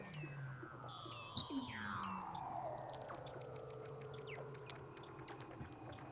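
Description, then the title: Weddell seal underwater calls: overlapping descending whistles and a low steady tone, with one sharp loud burst early on. "Douglas Quin - Weddell Seals (Underwater)"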